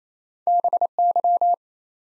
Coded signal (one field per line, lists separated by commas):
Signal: Morse code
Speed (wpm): 28 wpm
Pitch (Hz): 700 Hz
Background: none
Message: BY